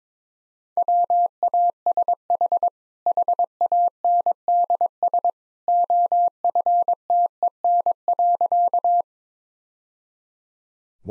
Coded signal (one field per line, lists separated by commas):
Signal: Morse code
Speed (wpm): 22 wpm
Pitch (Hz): 700 Hz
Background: none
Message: WASH HANDS OFTEN.